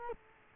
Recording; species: mosquito wingbeat signal from an infrared sensor; Culex quinquefasciatus